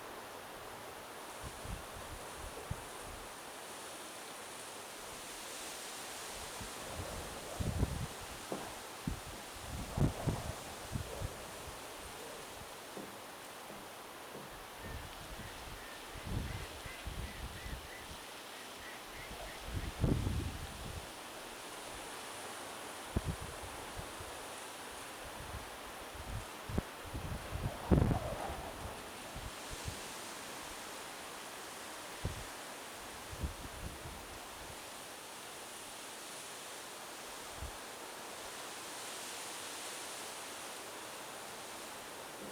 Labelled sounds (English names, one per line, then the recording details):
Mallard
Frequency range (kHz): Mallard 1.5-2.4 kHz
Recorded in France